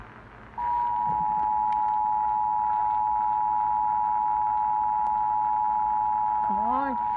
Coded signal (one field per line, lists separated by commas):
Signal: Emergency Alert System (SAME) tones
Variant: 853 and 960 Hz attention tone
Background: speech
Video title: FLASH FLOOD WARNING ON 820 MHZ (REAL EAS#90)